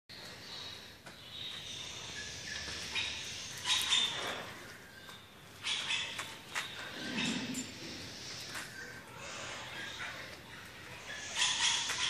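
Pesquet's parrot giving several harsh, rasping screeches in short bursts at irregular intervals.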